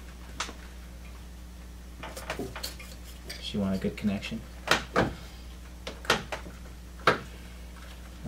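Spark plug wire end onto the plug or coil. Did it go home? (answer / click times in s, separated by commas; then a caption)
no / none. On a 2005–2008 V6 Mustang, a spark plug wire end is pushed onto the plug or coil while someone talks over a steady low hum. Several sharp taps and a brief rattling scrape come through, but the wire end fails to snap in, and nothing has seated or clicked yet.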